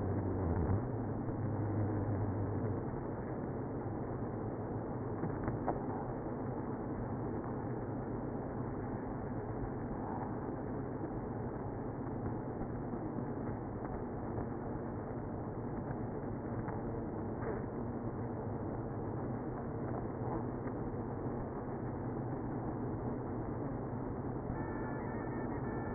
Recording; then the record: honeybee colony, microphone inside the hive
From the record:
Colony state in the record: queenless (queen removed); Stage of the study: after two queens were removed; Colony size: about 60,000 bees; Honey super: yes